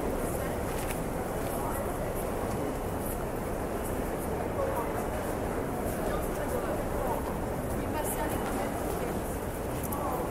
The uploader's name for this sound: TRAIN STATION SOUNDS AMBIENCE